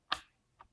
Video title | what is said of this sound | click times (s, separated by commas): how to strip your advent lap top | and you'll hear it clicking that's it | 0.1 s, 0.6 s